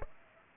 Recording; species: mosquito wingbeat signal from an infrared sensor; Aedes aegypti